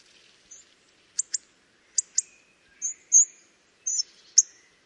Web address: hawfinch call